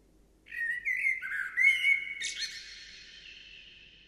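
Bird song: a quick jumble of warbling, slurred whistles, ending in a sharp high note that trails off into a thin fading tone.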